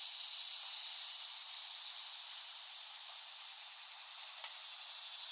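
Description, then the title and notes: Cicada chorus as an unbroken, shrill buzzing hiss, even in loudness throughout, with one brief tick near the end. Cicadas recorded in West Brighton, Staten Island, late summer 2008. "The Cicadas of Summer. Recording of cicadas made by Dan Bodah in West Brighton, Staten Island, late summer 2008"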